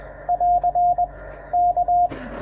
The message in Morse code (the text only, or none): <AR> K